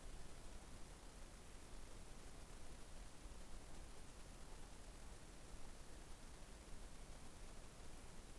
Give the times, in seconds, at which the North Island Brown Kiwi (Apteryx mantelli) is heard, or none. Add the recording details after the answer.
none. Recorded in New Zealand on 15 November 2013. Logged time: 00:43. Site BV22